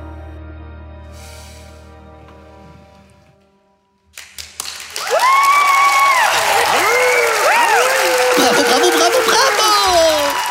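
A sustained musical tone fades out, then thunderous applause breaks out and builds quickly, dense clapping mixed with high, swooping cheers and whoops that continue loudly to the end.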